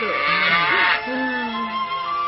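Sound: cow mooing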